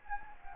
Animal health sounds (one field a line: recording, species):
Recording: mosquito wingbeat signal from an infrared sensor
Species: Anopheles gambiae